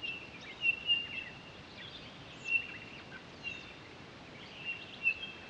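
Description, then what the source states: Townsend's solitaire giving faint, clear whistled notes on one steady pitch, spaced irregularly throughout over a steady background hiss. On 23 October 2011.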